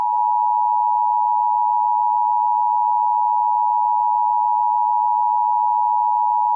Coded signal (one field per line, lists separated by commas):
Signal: Emergency Alert System (SAME) tones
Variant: 853 and 960 Hz attention tone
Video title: GO OUTSIDE.mp4 (An EAS Scenario)